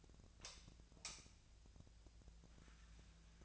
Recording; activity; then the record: daily activity, microphone in the room; light on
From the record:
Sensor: 2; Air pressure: 1009.6 hPa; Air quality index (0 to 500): 182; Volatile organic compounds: 11 ppm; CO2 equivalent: 2266 ppm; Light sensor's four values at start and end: 28/68/29/32 and 33/86/36/39